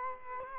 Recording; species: mosquito wingbeat signal from an infrared sensor; Culex quinquefasciatus